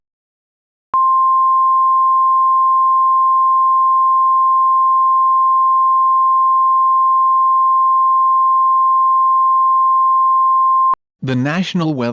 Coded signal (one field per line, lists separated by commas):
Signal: Emergency Alert System (SAME) tones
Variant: 1050 Hz attention tone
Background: speech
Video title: Tornado EAS for horror (CONTAINS VALID SAME TONES, DO NOT BROADCAST!!!!!!)